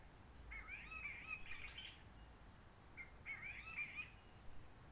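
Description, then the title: Réunion bulbul song in two fluty, burry warbled phrases with a slurred whistle, separated by about a second's pause, over light hiss. Roche Merveilleuse forest, Réunion; quiet since the 19 March 2020 lockdown, no hikers, microlights or helicopters; sunny blue-sky weather; birds not very active; song simpler, short phrases, adapted to past noise pollution. "Roche Merveilleuse, Réunion - Merle de lîle de la Réunion."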